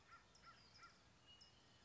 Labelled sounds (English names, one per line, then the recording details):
American Crow
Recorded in Sonoma County, California